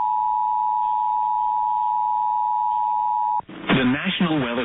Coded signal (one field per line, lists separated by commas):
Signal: Emergency Alert System (SAME) tones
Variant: 853 and 960 Hz attention tone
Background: speech